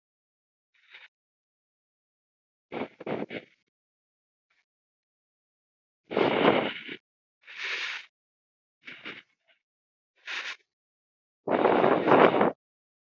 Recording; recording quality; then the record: shallow breathing; excellent, no background noise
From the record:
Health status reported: healthy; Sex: male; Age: 26 years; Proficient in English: yes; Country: India